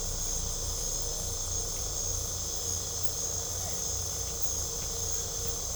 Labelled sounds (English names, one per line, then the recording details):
none
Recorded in pastures near Puerto Asís, Putumayo, Colombia, on 18 December 2024 at 21:00
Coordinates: 0.497, -76.327
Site G088